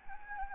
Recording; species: mosquito wingbeat signal from an infrared sensor; Anopheles gambiae